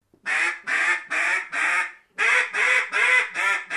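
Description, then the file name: Duck quacking: a series of nine loud, harsh, nasal quacks, four in a row, a short pause, then five more at about the same pace. "Wildlife Duck"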